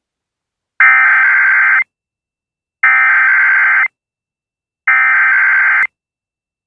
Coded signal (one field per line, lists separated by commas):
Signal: Emergency Alert System (SAME) tones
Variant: header bursts